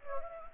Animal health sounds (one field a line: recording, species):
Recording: mosquito wingbeat signal from an infrared sensor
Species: Anopheles gambiae